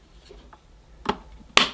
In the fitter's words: that's it nice click